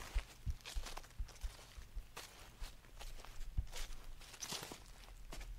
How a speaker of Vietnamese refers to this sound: Bước ra khỏi tán dây leo, bỗng nghe có tiếng sột soạt từ phía sau, tựa như có cái gì đi theo mình. Tiếng bước chân vô cùng nhỏ, lại nhịp bước thận trọng, lão biết ngay đây là kẻ không tầm thường.